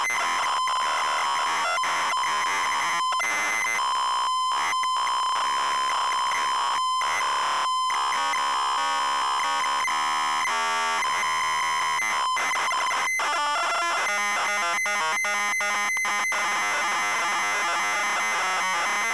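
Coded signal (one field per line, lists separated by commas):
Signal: ZX Spectrum tape loading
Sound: buzzy steady tone broken by harsh screeching data bursts and rapid clicks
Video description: Double Dragon - Zx Spectrum +2 (Full Cassette Tape Loading & Gameplay) / To skip the loading and go to the main game 11:30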